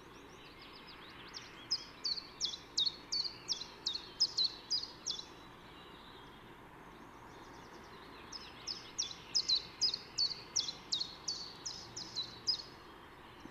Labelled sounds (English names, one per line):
Common Chiffchaff song